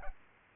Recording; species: mosquito wingbeat signal from an infrared sensor; Culex pipiens